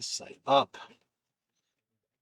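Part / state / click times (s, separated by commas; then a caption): cabin air filter cover into the filter housing behind the glovebox / not seated / none. A plastic cabin air filter cover is handled at the filter housing behind the glovebox, after a new cabin air filter has been put in this side up. Someone talks briefly in the first second, then the rest of the clip is silent. The cover has not clicked in or seated yet.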